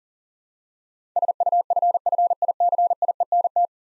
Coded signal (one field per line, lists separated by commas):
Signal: Morse code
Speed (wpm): 40 wpm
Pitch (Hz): 700 Hz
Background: none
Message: SUFFICIENT